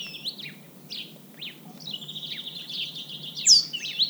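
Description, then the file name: Great tit call: a few short scratchy notes, then a long buzzy churring rattle ending in a bright high upswept whistle. "Parus major"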